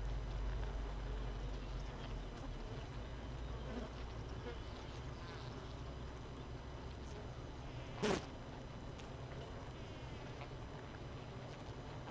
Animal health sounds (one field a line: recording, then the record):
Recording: honeybee colony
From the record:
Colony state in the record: missing queen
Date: 31 May 2018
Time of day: 5:30